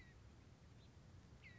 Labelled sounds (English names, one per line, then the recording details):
House Finch
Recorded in Sonoma County, California